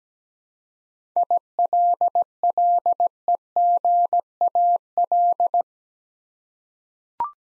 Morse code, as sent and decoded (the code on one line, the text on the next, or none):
.. .-.. .-.. . --. .- .-..
ILLEGAL